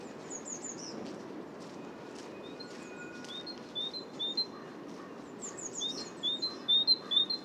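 Great tit song: rhythmic high two-note phrases building up in the second half after quieter chirps, over low background hiss.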